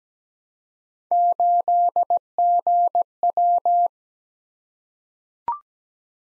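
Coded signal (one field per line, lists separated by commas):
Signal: Morse code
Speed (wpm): 17 wpm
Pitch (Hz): 700 Hz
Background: none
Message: 8GW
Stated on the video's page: Computer-generated Morse practice drill of random three-character letter-number groups at 17 wpm, each group sent, spoken, then sent again.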